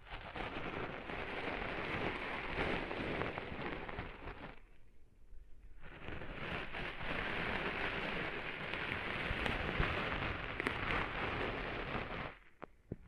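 Sand is cleaned out of an ear with a dense, gritty scratching and crackling, like fine grains rubbing. It stops briefly around the fifth second, then resumes steadily until about twelve seconds and ends with a few sharp clicks.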